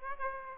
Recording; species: mosquito wingbeat signal from an infrared sensor; Aedes aegypti